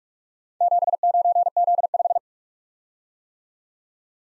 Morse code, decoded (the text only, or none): 79Z5